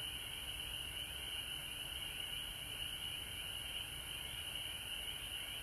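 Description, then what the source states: Frog chorus with a bright, pulsing high trill, steady throughout, over low background rumble. Frogs recorded at home in Georgia on March 19, 2020.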